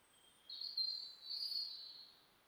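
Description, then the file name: European robin giving a thin, high drawn-out whistled phrase, two long notes with a short dip between, over faint steady background hiss. "Erithacus rubecula"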